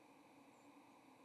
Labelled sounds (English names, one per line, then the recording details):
White-throated Sparrow flight call
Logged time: 07:35 on 30 October 2014